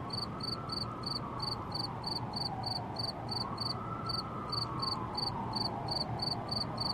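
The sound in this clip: Cricket repeating short bright chirps at an even pace, with a whine rising and falling in pitch below and low hum throughout.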